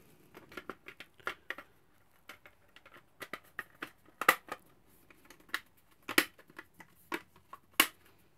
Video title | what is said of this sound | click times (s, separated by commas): VORKE V1 PLUS 4K Mini DIY UPGRADES:, SSD & 2.5" SATA HDD | clicks in place with ease so it's all done so that tops on nicely | 4.3 s, 6.2 s, 7.8 s